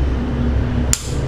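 A click-type torque wrench tightens cylinder head bolt number nine at a setting of 73 on a 2.4 engine cylinder head, as used in the Chrysler 200, Fiat 500X and Dodge Ram ProMaster City. Over a steady low background hum, the wrench gives a single sharp click at 0.9 s. The bolt has reached the wrench's torque setting.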